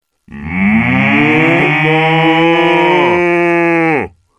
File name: animal cow